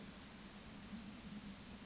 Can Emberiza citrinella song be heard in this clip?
no